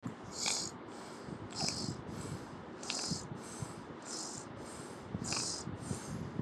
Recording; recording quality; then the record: shallow breathing; excellent, no background noise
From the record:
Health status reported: COVID-19 positive, moderate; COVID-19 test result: positive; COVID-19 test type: RT-PCR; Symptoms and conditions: cough, fever, fatigue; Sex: male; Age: 35 years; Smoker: no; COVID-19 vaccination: both doses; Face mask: not worn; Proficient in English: yes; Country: India